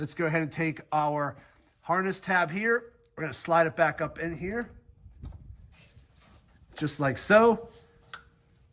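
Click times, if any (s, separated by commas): 8.1 s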